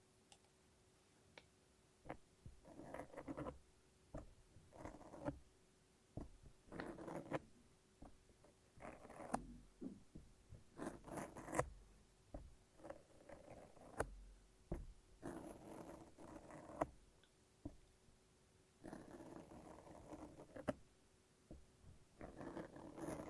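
A lint roller and tape make sticky peeling and rolling sounds in irregular bursts, some short tearing rips and others longer rasping strokes lasting a second or two. Quiet gaps separate the bursts, and a faint steady low tone hums underneath throughout.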